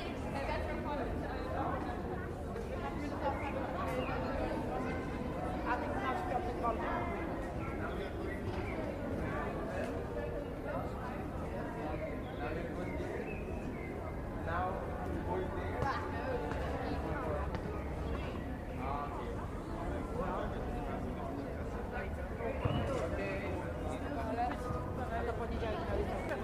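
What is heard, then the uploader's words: A busy plaza in Italy, filled with a steady, dense murmur of overlapping Italian conversations. A low traffic rumble runs underneath throughout, with occasional louder voices and small sharp sounds rising briefly above the constant crowd chatter. Plaza Di Pietro. The sounds of a busy plaza in Italy. You can hear the sound of Italian conversations, footsteps, and traffic.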